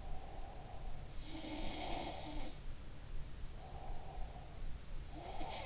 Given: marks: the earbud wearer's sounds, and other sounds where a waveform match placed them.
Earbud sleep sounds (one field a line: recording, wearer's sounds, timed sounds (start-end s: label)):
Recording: sounds in sleep by an in-ear microphone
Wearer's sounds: breath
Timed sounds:
0.00-2.05 s: breath
1.25-2.54 s: sound from someone else or the room
3.43-5.64 s: breath
5.01-5.66 s: sound from someone else or the room